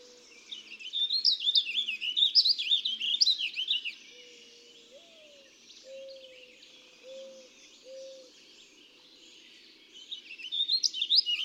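Warbling vireo song: rapid, rambling warbled phrases of slurred notes, repeated after a pause, with low whistled notes in between.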